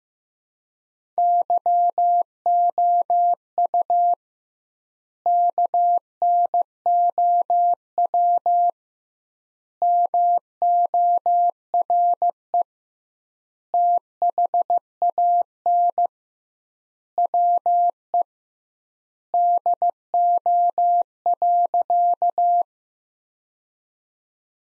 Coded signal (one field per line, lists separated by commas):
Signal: Morse code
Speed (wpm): 16 wpm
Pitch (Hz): 700 Hz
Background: none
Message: YOU KNOW MORE THAN WE DO.